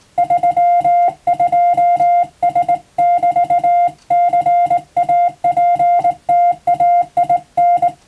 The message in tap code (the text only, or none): none